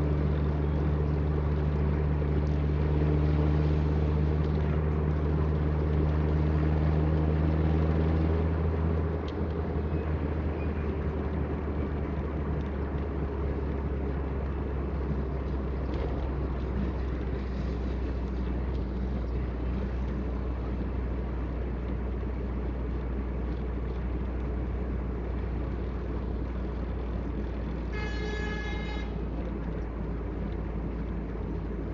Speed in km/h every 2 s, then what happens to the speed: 49, 50, 50, 53, 51, 47, 45, 42, 40, 40, 40, 40, 39, 38, 37, 36.
0-7 steady at about 50. 7-16 slows to 40. 16-32 steady at about 39.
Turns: none.